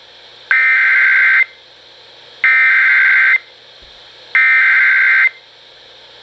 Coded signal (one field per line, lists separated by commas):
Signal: Emergency Alert System (SAME) tones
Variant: header bursts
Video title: Flash Flood Warning on WKBC-FM - 7/3/17 (EAS #307)